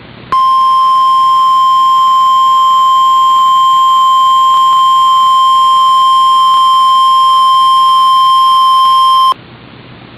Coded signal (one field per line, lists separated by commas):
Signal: Emergency Alert System (SAME) tones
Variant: 1050 Hz attention tone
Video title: NOAA Weather Radio - Weekly EAS Test - 12/21/16